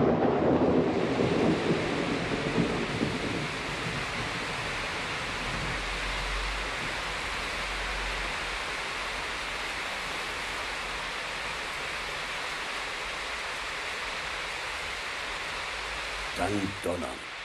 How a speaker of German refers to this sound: Regen schwoll an. Der Rest des Tages ertrank. Die Ufer ergossen sich, die Haut des Flusses wurde weiß wie verschneit.